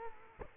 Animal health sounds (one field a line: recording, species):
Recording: mosquito wingbeat signal from an infrared sensor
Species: Culex quinquefasciatus